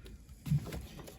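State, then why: Not seated. Someone handles a fuel pipe quick connector at the fuel filter housing of a Citroen C3 during a fuel filter change for fault code P0087: the protective bag is off, the locking tab has been checked as up, and the connector is lined up before being pushed home. Faint handling taps come at about 0.1, 0.7 and 1.1 s, with a louder low rumble around 0.5 s. Nothing has seated or clicked yet.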